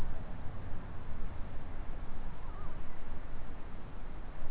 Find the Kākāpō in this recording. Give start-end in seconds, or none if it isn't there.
none